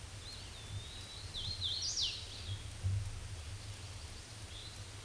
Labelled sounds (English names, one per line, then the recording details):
Hooded Warbler song
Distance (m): 20 m
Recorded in a Pennsylvania forest on 18 May 2023 at 09:32
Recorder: AudioMoth, point grid1_30_low
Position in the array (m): 172 m, 84 m